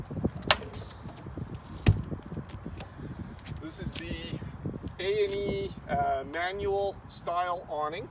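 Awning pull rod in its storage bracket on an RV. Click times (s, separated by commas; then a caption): 0.5 s. A manual awning pull rod is slid back into its storage bracket on a 2007 Triple E Topaz 305 RLXL RV, and the handle flips up with a sharp snap at 0.5 s, locking the rod in place. A second sharp tap follows at 1.9 s, then someone talks about the A&E manual style awning.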